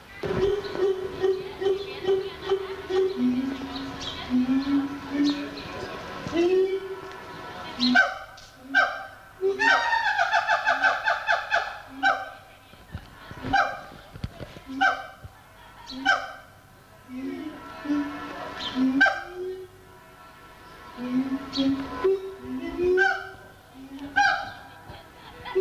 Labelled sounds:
Siamang (Symphalangus syndactylus)

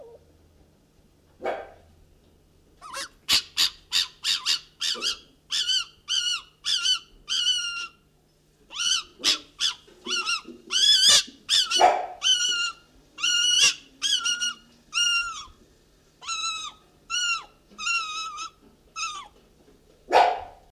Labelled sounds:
Fennec Fox (Vulpes zerda)

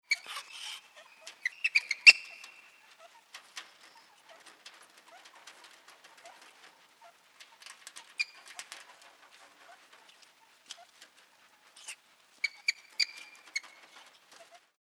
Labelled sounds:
Greater Grison (Galictis vittata)

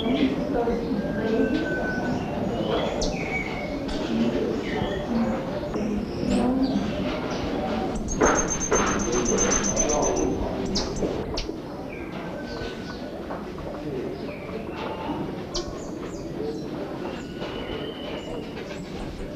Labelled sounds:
Straw-tailed Whydah (Vidua fischeri) call

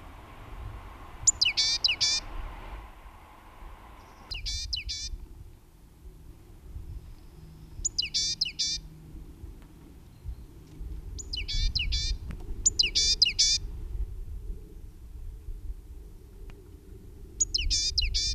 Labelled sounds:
Great Tit (Parus major) song

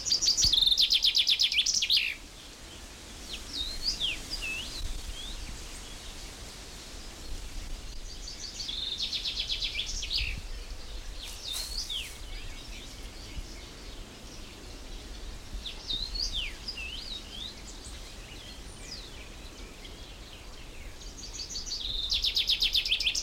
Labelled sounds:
Common Chaffinch (Fringilla coelebs)

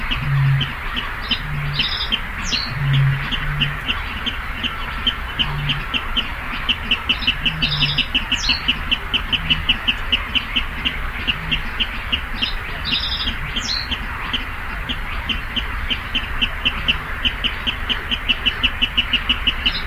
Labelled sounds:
Water Rail (Rallus aquaticus)

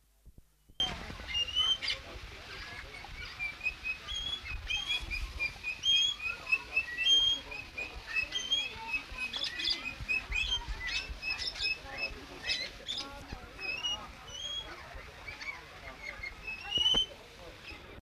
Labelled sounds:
Moluccan King Parrot (Alisterus amboinensis) call

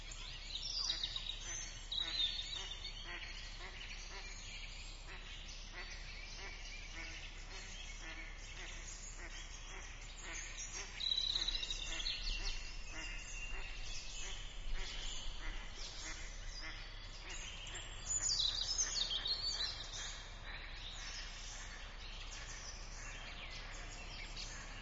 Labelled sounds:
Common Frog (Rana temporaria) call

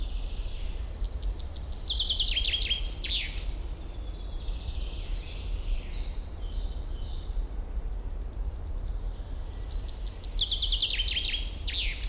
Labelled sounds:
Common Chaffinch (Fringilla coelebs)

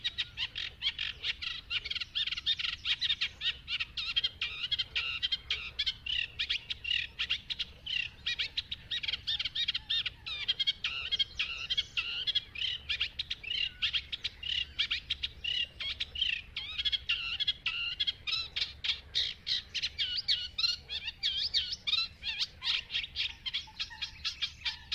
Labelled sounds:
Eurasian Reed Warbler (Acrocephalus scirpaceus)

